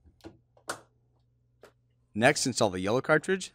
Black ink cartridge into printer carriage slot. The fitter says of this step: push down until you feel it snap into place